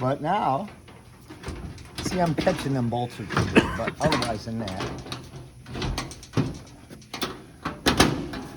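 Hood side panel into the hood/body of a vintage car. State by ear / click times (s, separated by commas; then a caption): seated / 7.9 s, 8.0 s. Someone talks while a sheet-metal hood side panel is pressed into position on the hood and body of a 1934 sedan. The panel snaps into place with two sharp clicks at about 7.9 and 8.0 seconds, and the snap is good.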